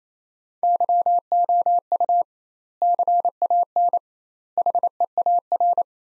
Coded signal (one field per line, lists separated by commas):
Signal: Morse code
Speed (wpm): 28 wpm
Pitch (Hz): 700 Hz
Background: none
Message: YOU CAN HEAR